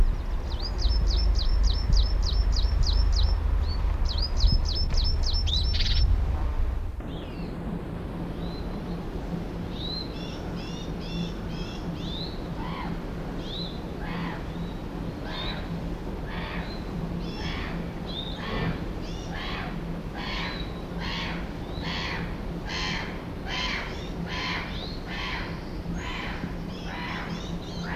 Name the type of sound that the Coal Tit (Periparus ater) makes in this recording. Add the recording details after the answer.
call. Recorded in the wild. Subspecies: hibernicus. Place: Kenmare, Kerry, IE. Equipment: Halbspur, 9,5 cm/s. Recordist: Lütgens, Hans